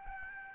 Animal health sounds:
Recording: mosquito wingbeat signal from an infrared sensor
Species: Aedes albopictus

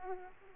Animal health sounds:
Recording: mosquito wingbeat signal from an infrared sensor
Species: Aedes aegypti

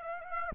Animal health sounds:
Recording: mosquito wingbeat signal from an infrared sensor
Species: Aedes aegypti

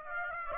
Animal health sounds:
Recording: mosquito wingbeat signal from an infrared sensor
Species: Aedes aegypti

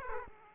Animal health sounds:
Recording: mosquito wingbeat signal from an infrared sensor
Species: Aedes aegypti

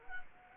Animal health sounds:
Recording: mosquito wingbeat signal from an infrared sensor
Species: Culex quinquefasciatus

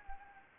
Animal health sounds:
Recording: mosquito wingbeat signal from an infrared sensor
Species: Anopheles gambiae

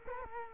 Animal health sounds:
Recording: mosquito wingbeat signal from an infrared sensor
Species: Culex quinquefasciatus

